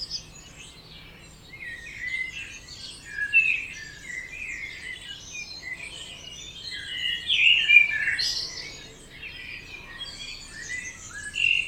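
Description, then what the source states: Birds in a dawn chorus, many overlapping high chirps, trills and whistles from several singers, with brief louder phrases standing out. Dawn chorus at 4am in Oberhofen, Inntal, Austria; binaural.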